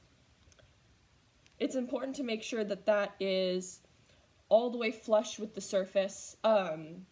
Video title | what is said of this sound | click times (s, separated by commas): Parvo SNAP Test Demonstration | i see the color so i'm gonna snap the test down | 0.5 s